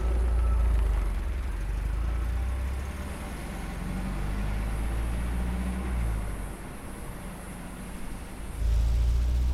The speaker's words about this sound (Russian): Машина следует дальше по полевой дороге.